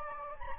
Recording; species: mosquito wingbeat signal from an infrared sensor; Anopheles gambiae